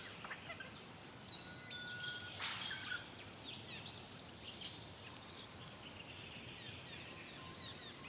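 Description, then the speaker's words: Regent honeyeater giving scattered high, thin whistled notes and a few sharp clicks at irregular intervals, over a faint hissing background. Critically endangered, endemic to southeastern Australia, about 300 left in the wild; breeding areas Bundarra-Barraba and Capertree Valley, affected by the 2019-2020 Australian bushfires. "And hear the sound of the regent honeyeater."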